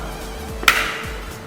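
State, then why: Seated. The visor of an HJC RPHA 11 full-face motorcycle helmet is lined up on the side pivot mount and given a little tug. A small click at 0.6 s is followed by a loud, sharp snap at 0.7 s as it seats, over a steady background hum. The visor is securely locked in place.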